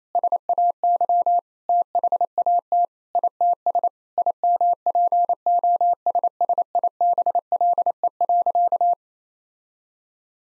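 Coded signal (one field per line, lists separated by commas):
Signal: Morse code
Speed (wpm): 28 wpm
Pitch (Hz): 700 Hz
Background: none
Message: SAY THAT ITS IMPOSSIBLE.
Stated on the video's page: Morse practice sentences of common six-word phrases at 28 wpm, each sent, then spoken, then sent again; first words spoken beforehand.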